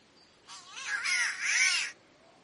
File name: canto do passaro gato verde